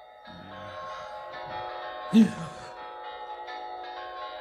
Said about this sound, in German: Was sind denn das für Glocken? Mein Gott, da läuten sie ja schon zum Weihnachtsgottesdienst und ich schlafe wie ein Maulwurf unterm Schnee.